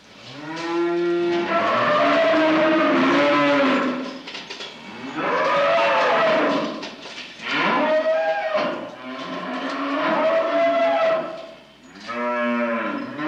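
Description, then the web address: Cows lowing in long, loud moos, one after another with brief gaps, some rising and falling in pitch. "Sony Music Special - The Complete Cbs Audiofile - Sony Music Special - Cows"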